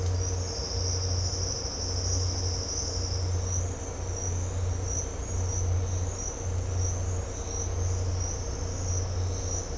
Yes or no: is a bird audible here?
no